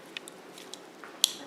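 The plastic polyethylene catheter tubing of an IV catheter is pushed off the needle during an IV start until the safety mechanism on the needle housing and catheter hub engages. A few faint ticks and small plastic handling sounds come first, then a sharp, loud click at 1.2 s with a brief tail. The device clicks and is seated.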